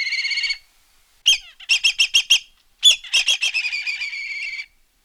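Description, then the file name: Black kite whinnying call: a quavering high note, then a burst of rapid stuttering notes trailing into a tremulous whinny. "milan noir"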